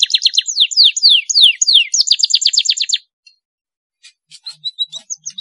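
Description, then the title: Belgian canary singing rapid high trills with sweeping downward notes for three seconds, followed by quiet and scattered soft high chirps and short whistles. Belgian canary breed; song played to warm up and stimulate young canaries to sing. "Canto Para Esquentar Canário Belga. CUITAN KENARI MERANGSANG BUNYI KENARI PAUD. PANCINGAN KENARI AGAR GACOR"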